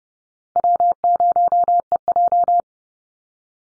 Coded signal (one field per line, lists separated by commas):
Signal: Morse code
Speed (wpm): 30 wpm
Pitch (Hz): 700 Hz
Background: none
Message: W0EJ